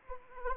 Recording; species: mosquito wingbeat signal from an infrared sensor; Anopheles arabiensis